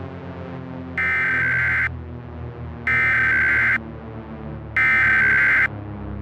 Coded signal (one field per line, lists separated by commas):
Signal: Emergency Alert System (SAME) tones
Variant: header bursts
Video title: *VALID TONES* Thanksgiving EAS Scenario: "11/24/16"